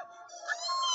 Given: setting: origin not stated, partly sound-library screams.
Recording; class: one-second piece from a danger detection set; woman in danger